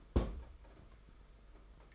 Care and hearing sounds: daily activity, microphone in the room; place on stove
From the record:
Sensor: 5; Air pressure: 991.3 hPa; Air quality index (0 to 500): 91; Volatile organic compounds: 11 ppm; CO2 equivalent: 2302 ppm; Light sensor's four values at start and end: 33/104/40/43 and 33/105/40/43

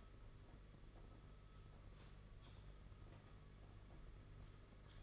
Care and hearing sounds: daily activity, microphone in the room; typing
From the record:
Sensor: 4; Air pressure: 992.6 hPa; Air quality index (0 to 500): 137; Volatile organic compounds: 62 ppm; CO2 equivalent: 3435 ppm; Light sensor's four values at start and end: 19/66/24/25 and 19/66/24/25

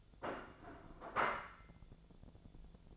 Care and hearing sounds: daily activity, microphone in the room; place plate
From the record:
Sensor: 5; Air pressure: 1000.3 hPa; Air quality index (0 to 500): 124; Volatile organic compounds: 2 ppm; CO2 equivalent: 988 ppm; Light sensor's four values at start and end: 97/230/98/106 and 97/229/97/105

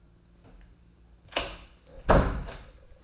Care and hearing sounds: daily activity, microphone in the room; close door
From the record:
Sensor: 2

